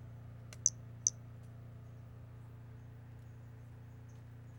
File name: Brachycephalus albolineatus individual 14 example 01 collected